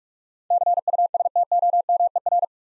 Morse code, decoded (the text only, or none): CUSTOMER